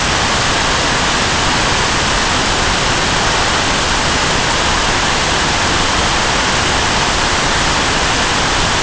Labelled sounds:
none

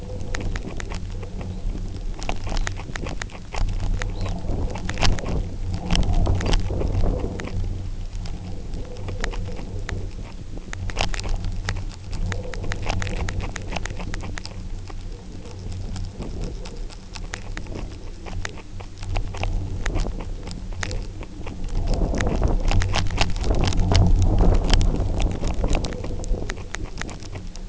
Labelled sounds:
Red Phalarope (Phalaropus fulicarius)

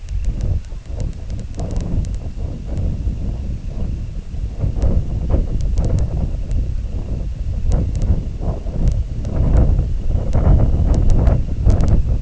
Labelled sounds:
none

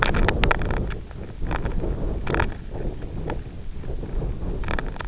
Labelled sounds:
none

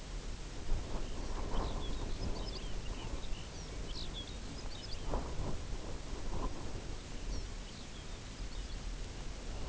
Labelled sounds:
Lapland Longspur (Calcarius lapponicus), unidentified sound

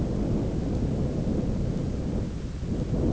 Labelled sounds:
none

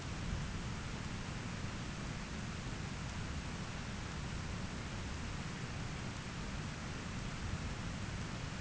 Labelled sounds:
none

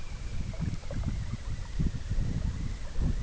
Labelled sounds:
none

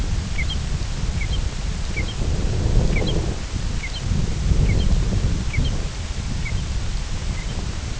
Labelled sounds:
American Golden-plover (Pluvialis dominica)

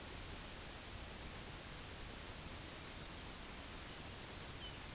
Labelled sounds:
Lapland Longspur (Calcarius lapponicus)

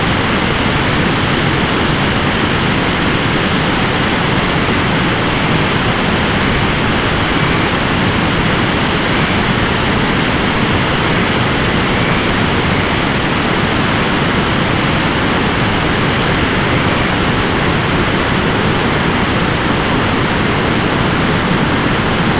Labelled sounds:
Dunlin (Calidris alpina)

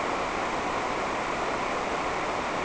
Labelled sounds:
none

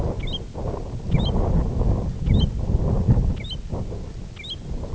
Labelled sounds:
American Golden-plover (Pluvialis dominica)

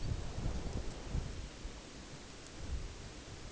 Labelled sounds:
Red Phalarope (Phalaropus fulicarius)

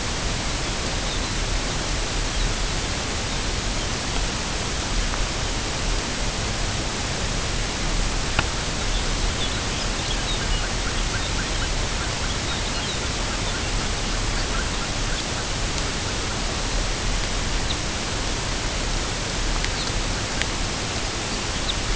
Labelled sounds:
Lapland Longspur (Calcarius lapponicus), unidentified sound

